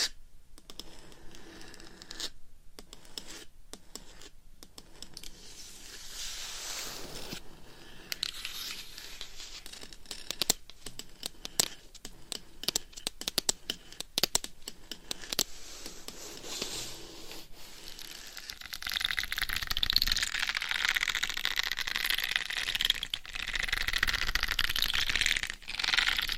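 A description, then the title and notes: Scratching, tapping and rubbing on a microphone, with short dry taps and bursts of bright scratching scattered through the first fifteen seconds. After about eighteen seconds the sound turns denser and louder, a continuous rasping scrape as nails or a cover rub against the mic. ASMR Mic Scratching , Tapping & Massage with 15 DIFFERENT MICS Covers & Nails No Talking.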